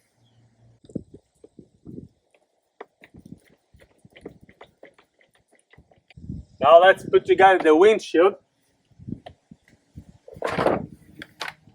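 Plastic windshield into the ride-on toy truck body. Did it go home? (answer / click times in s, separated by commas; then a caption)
yes / 11.4 s. A plastic windshield piece is pressed into its mount on a LIGIANT OP60 kids' ride-on dump truck body while someone talks, with light plastic handling taps along the way. The windshield clicks into place with a sharp snap at 11.4 s and is seated.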